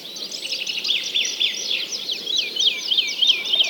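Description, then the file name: Birds singing together in a busy, overlapping mix of sharp chirps, swoops and quick trills. Many birds singing together. "Digiffects Sound Effects Library - Many Birds Singing"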